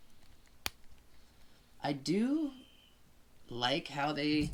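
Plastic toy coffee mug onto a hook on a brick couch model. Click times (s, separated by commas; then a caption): 0.7 s. A small plastic minifigure coffee mug is pushed onto a plastic hook on a brick-built Double Decker Couch model (set 70818), snapping in with a single sharp click at 0.7 s. The mug is seated on the hook, and afterward someone talks.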